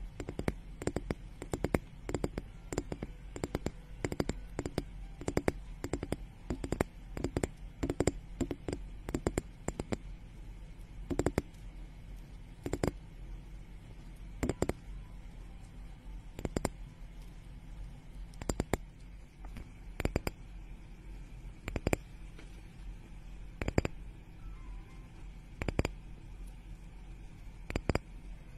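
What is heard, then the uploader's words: Ear picking and ear massage: sharp little clicks and scratches come in quick clusters for the first ten seconds, then spread out to every second or two. A steady low rumble and faint hiss sit underneath throughout. Ear picking and ear massage, experience instant sleep.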